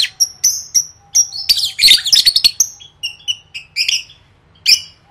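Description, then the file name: Lovebird calls: thin, whistled chirps repeated rapidly, then a burst of harsher chatter, followed by softer chirps and one last sharp note. "tieng vet mau don"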